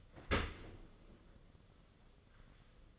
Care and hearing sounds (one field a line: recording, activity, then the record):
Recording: daily activity, microphone in the room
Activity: open dishwasher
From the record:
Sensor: 4